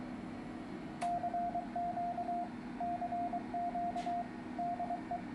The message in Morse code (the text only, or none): CQ CQ DE